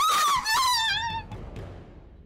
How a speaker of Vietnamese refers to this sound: Vừa mở nắp thùng giấy ra thì Châu kinh hãi hét toáng lên một tiếng,